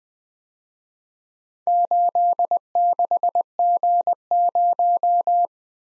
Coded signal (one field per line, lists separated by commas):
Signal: Morse code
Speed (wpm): 19 wpm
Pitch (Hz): 700 Hz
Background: none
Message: 86G0